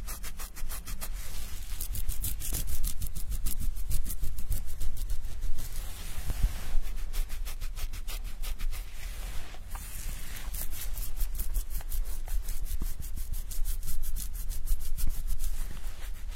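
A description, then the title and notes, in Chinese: Hair being washed with a scalp massage: a dense, steady stream of quick scratchy rubbing strokes, bright and crackly, running almost without pause. Around six seconds the strokes blur into a softer, smoother swish before the rapid scratching returns, with a low rumble underneath. 沉浸式洗头体验 & 头皮按摩。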